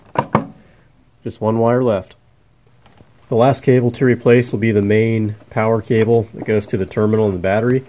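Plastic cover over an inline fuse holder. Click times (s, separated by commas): 0.2 s, 0.4 s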